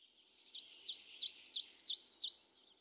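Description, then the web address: Coal tit calls, a quick run of about five high, thin two-note phrases, each falling from a higher to a lower note, delivered in under two seconds against a quiet background. Midday. "Fontainebleau Demo. coal tit"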